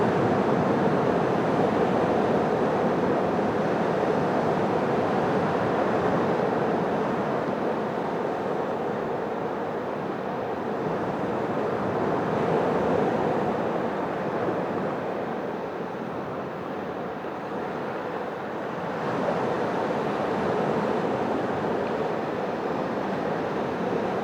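Gentle waves wash steadily onto a beach, a dense, continuous rush that fills the low and middle range. The sound swells and eases slightly, dipping softer around the middle before building again, with no distinct breaking crashes standing out.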